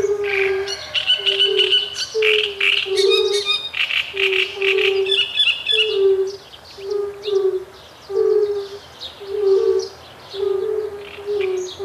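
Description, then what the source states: Great reed warbler singing loud rasping, churring phrases in the first half, then fainter; soft low toad notes sound regularly throughout. With fire-bellied toads.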